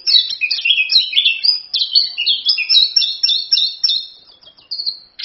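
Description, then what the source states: Orange-headed thrush song: loud, rapid rolling warbles, stacked trills and high chirped notes in a continuous run, easing into thinner repeated notes at the end. Full continuous song (gacor, ngerol); a masteran tutor song used as a pancingan lure to prompt other birds to sing.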